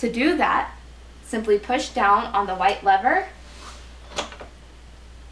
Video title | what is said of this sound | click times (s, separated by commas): รถเข็นเด็กยี่ห้อ Stokke Xplory Stroller by Wiseswiso | and let go and it'll snap into place | 4.2 s